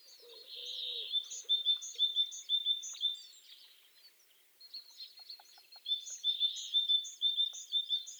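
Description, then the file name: Great tit singing a steady seesawing two-note phrase about twice a second, pausing midway, with scattered chirps behind. "Parus major"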